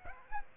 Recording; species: mosquito wingbeat signal from an infrared sensor; Aedes aegypti